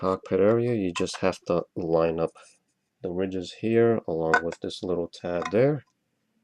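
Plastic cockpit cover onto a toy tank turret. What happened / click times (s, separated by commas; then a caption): Handled, not yet home: plastic cover lined up but not snapped shut / none. The plastic cockpit cover of a 2012 Star Wars AAT toy tank is lined up by its ridges and small tab over the turret while someone talks. Nothing has seated or snapped shut yet.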